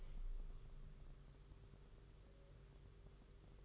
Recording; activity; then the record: daily activity, microphone in the room; open window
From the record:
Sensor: 4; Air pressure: 991.2 hPa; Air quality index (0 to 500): 153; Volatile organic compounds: 102 ppm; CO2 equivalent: 3769 ppm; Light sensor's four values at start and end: 6/13/5/5 and 6/14/5/6